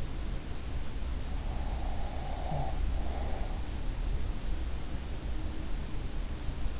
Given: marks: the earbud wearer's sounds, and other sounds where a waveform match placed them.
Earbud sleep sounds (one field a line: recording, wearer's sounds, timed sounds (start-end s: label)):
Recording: sounds in sleep by an in-ear microphone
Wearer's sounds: breath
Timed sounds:
1.70-3.64 s: breath